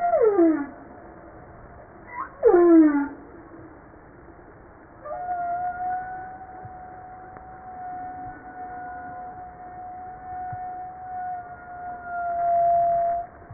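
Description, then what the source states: Humpback whale song opening with two rapidly descending cries, followed by a long, steady whistle-like tone held for several seconds. Recorded 5 March 1994.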